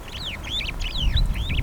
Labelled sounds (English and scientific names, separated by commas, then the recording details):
Superb Starling (Lamprotornis superbus) flight call
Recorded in Kenya